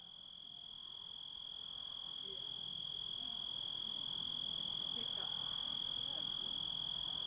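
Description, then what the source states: Grasshopper stridulation as a steady, unbroken high-pitched tone held throughout, with a faint higher overtone and soft low background rumble growing slightly louder. Composite of grasshopper sounds.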